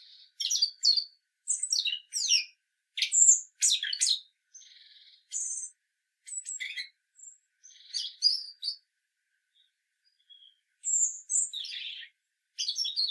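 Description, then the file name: European robin singing in short, varied high phrases of thin whistles and quick trills, with sustained pure notes and brief pauses between bursts; no other sounds. "Erithacus rubecula"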